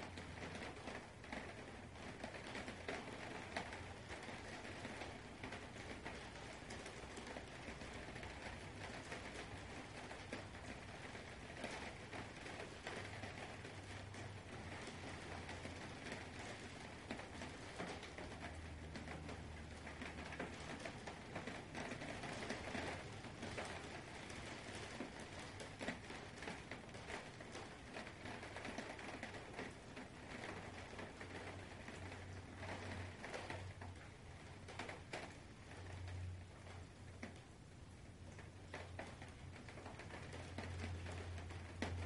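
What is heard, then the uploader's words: Rain falls in a steady, dense patter, a hiss filling the high and middle range with no let-up across the whole stretch. Soft, distant thunder rolls low underneath, swelling around twenty seconds and again through the last ten seconds. 8 Hours of Autumn Rain Showers and Soft Thunder with Sleep Meditation. The rhythmic patter of raindrops.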